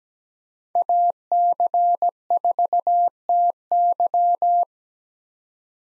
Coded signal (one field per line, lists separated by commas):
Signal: Morse code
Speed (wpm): 17 wpm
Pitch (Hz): 700 Hz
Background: none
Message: AC4TY